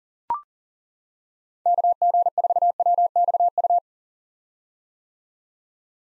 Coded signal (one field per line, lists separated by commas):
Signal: Morse code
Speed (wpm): 40 wpm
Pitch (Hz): 700 Hz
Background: none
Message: KG4WXU